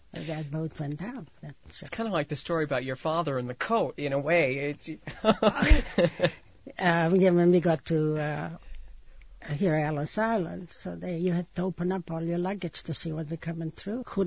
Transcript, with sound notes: that that boat went down, that ship.
That's kind of like the story about your father and the coat, in a way. ( he laughs )
When we got to here, Ellis Island, so they had to open up all your luggage to see what was coming through.